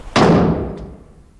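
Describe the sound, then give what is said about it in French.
A door swings shut with a single heavy, low thud that hits sharply and then fades out over about a second, with no voices. “Et ferme la porte.”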